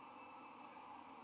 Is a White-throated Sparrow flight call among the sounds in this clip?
no